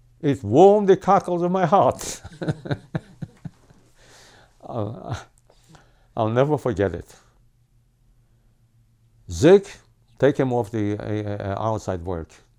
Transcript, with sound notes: It warmed the cockles of my heart." (he laughs) I'll never forget it. "Eke, take him off the outside work.